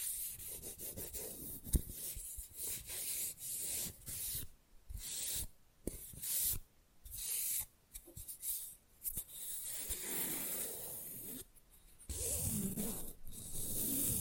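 Fast, rough nail filing comes in quick scratchy strokes, short bursts broken by brief gaps, with a few sharp taps among them. After about ten seconds the filing turns longer and steadier, ending in a loud, continuous hissing rasp.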